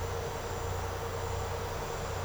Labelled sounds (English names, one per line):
none